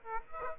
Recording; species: mosquito wingbeat signal from an infrared sensor; Aedes aegypti